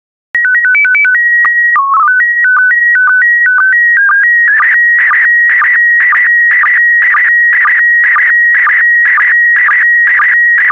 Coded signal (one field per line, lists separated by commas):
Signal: SSTV (slow-scan television)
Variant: PD 120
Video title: 60093 Skiing in Switzerland SSTV PD120